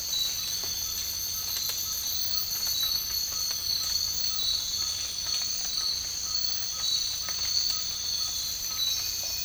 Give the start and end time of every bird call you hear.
0.79s-8.86s: bird call

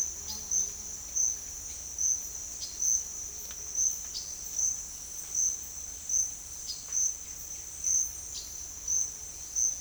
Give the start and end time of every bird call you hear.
0.00s-1.01s: bird call
2.48s-2.78s: bird call
3.99s-4.36s: bird call
6.52s-8.56s: bird call

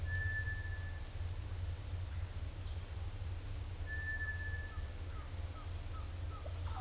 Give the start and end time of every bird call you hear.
0.02s-0.97s: bird call
3.83s-6.80s: bird call

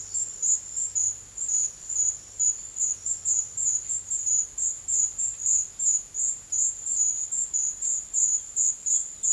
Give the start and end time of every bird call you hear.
5.07s-5.72s: bird call
8.31s-9.32s: bird call

